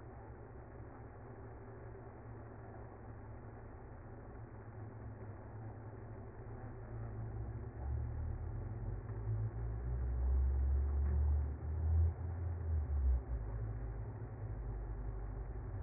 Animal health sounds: honeybee colony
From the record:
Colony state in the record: active

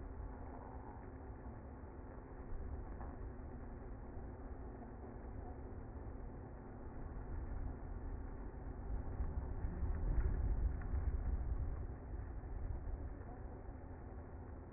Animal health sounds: honeybee colony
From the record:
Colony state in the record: active

